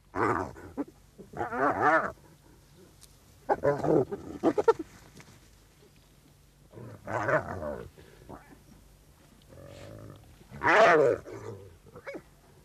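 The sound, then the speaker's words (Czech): A female hyena, raising her bloodied head from a calf carcass, growls at a male hyena that came too close, in repeated harsh, guttural bursts, several low rumbling snarls broken by short pauses, with one louder, rasping outburst near the end. “zvedne svou skrvavenou hlavu a vrčí.”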